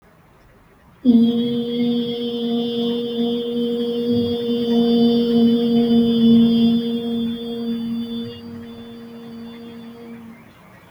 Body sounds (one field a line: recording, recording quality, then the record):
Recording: sustained vowel as in beet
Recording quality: excellent, no background noise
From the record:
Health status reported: healthy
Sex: female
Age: 20 years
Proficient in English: yes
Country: India